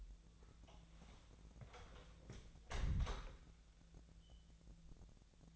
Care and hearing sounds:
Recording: daily activity, microphone in the room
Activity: close door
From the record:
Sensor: 3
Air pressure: 1000.4 hPa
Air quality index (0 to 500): 171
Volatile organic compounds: 3 ppm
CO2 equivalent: 1490 ppm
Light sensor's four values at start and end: 13/32/13/14 and 13/31/13/14

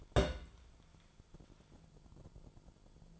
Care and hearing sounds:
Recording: daily activity, microphone in the room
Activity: place on stove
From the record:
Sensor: 5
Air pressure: 1008.3 hPa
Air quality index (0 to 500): 126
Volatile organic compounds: 1 ppm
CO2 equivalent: 966 ppm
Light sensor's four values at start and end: 29/59/26/27 and 29/61/27/28

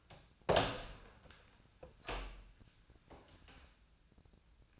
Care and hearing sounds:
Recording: daily activity, microphone in the room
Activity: open door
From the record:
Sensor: 2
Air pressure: 1009.1 hPa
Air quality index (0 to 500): 182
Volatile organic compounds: 3 ppm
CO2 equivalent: 1320 ppm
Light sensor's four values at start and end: 31/82/35/37 and 31/83/35/37

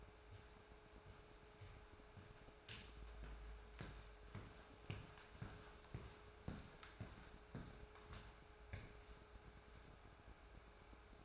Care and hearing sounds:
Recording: daily activity, microphone in the room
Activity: walk to room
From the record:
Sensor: 2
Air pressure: 1010.3 hPa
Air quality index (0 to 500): 160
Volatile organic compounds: 7 ppm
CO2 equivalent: 2006 ppm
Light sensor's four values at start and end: 43/104/47/54 and 40/98/44/50

